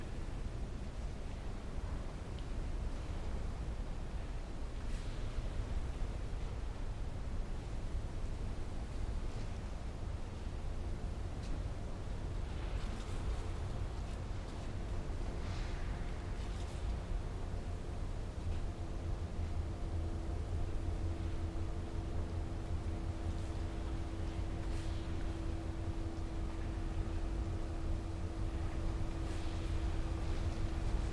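Street recording from Saint Petersburg's Gorokhovaya Street: a steady low traffic rumble, a sustained engine hum rising later, and scattered brief clatters.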